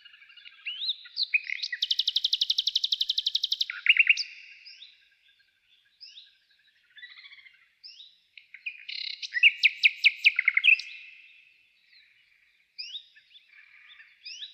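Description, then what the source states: Nightingale song opening with a long, dense buzzy rattle lasting about two seconds, followed by scattered chirps and a second vigorous, stuttering phrase. Nightingale trill.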